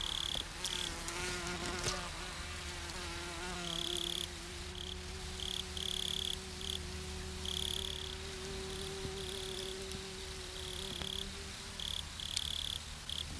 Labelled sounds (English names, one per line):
Wood Cricket stridulation